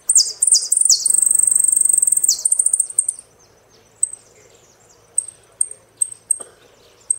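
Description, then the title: Saffron finch song: quick descending high slurs leading into a fast dry trill, then sparse single high chirps. "Jilguero Argentino"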